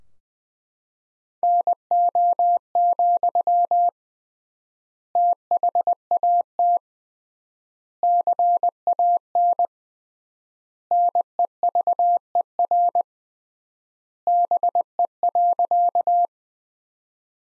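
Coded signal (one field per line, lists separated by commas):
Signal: Morse code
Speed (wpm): 19 wpm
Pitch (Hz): 700 Hz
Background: none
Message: NO, THAT CAN NEVER BE.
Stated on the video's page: Morse practice drill of sentences from the top 300 words at 20 wpm with 3x word spacing, a Farnsworth-like method applied to words.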